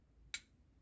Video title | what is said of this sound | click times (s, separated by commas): Lancia Stratos N 89 Montaggio sezione carrozzeria posteriore destra, gancio, serratura e piastra. | appena sentirete il click sarete certi che la vita ha preso perfettamente il filetto e non creerete mai alcun danno al metallo avete | 0.3 s